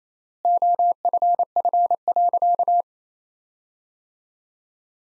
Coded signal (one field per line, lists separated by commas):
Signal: Morse code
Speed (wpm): 28 wpm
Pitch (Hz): 700 Hz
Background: none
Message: OFF.